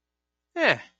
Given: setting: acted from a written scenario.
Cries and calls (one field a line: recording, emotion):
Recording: vocal sound without words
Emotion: serenity